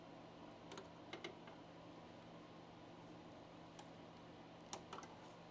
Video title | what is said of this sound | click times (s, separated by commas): Vinage Console Repair (OG XBOXS!) | I just heard it snap into place. Yep, it's on there. | 4.7 s